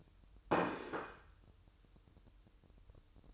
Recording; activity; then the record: daily activity, microphone in the room; place plate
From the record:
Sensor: 2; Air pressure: 988.5 hPa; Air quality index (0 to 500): 192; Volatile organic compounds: 192 ppm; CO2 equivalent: 4184 ppm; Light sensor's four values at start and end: 19/65/25/24 and 19/65/25/24